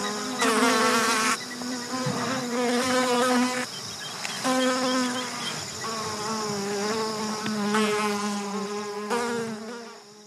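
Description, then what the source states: Fly: flies buzzing in overlapping, droning hums that start and stop in bursts. Flies on a crocodile carcass on the floodplain, presumably killed by a defensive elephant, Chief's Island, Okavango Delta, August 25 2015, 6:11 PM; Sound Devices 702 recorder, Sennheiser 418 shotgun microphone.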